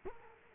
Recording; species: mosquito wingbeat signal from an infrared sensor; Culex quinquefasciatus